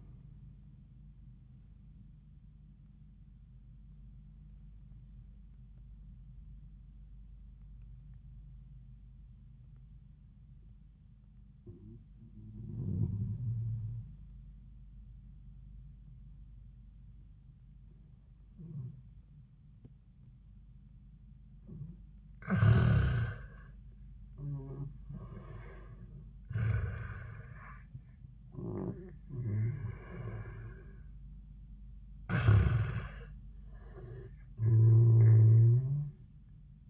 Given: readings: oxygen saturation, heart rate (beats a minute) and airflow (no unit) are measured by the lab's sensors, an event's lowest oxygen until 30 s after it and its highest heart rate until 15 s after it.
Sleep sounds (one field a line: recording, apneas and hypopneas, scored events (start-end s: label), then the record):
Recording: breathing in sleep by a smartphone at the bedside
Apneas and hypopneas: 1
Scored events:
8.00-22.50 s: obstructive apnea (N1, oxygen 97% highest, then 87% lowest, heart rate 86 at the start, 89 highest)
From the record:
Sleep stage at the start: N1 (lightest sleep)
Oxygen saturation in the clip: 86 to 97%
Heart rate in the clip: 68 to 108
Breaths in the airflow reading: 5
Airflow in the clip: -18.6 to 9.5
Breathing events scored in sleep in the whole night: 400 in 8.7 hours asleep